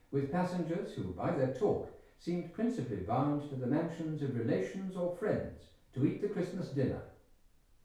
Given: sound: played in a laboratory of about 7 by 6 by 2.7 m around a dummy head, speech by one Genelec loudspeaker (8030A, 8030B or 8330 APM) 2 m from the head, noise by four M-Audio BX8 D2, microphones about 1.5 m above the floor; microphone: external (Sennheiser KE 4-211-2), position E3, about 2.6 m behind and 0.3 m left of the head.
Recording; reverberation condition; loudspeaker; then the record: male speech in English; medium; 120 degrees to the right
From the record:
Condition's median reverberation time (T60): about 510 ms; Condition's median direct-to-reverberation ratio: about -0.5 dB